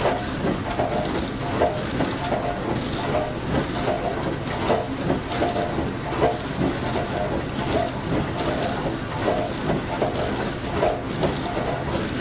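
A dishwasher runs steadily, its churning wash filling the whole range from a low hum up to a bright hiss. Quick sloshing surges and small clatters recur every second or so, and the level stays even throughout.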